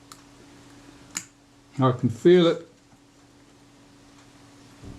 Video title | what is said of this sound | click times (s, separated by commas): Kodak Retina I type 119 service part 05 | I can feel it clicking as some of them drop into place. | 0.1 s, 1.2 s